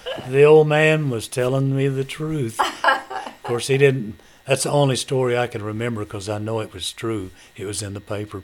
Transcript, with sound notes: The old man was telling me the truth. (Laughter) Of course he didn't-- that's the only story I can remember 'cause I know it was true, it was in the paper.